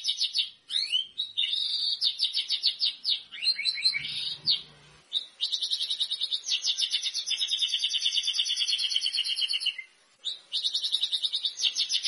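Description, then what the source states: White-rumped shama song: rapid buzzy trills and pulsed high notes in long runs, with short pauses before the trilling resumes. Lure song of a lively singing bird, meant to make birds respond on first hearing.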